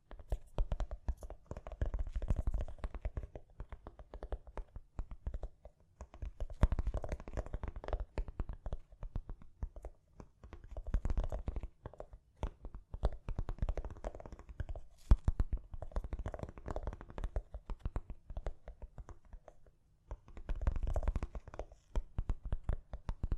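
Gentle tapping comes in dense clusters of quick, soft taps, with brief quieter gaps roughly every few seconds. The taps are mostly low and muffled, with light scratchy and rustling touches mixed in between the bursts.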